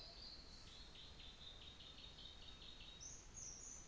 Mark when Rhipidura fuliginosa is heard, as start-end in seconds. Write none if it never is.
0.38-0.89